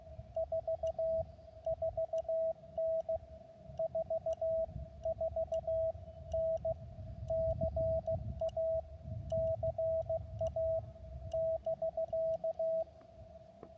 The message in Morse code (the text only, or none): 44N 44N CA CA <BK>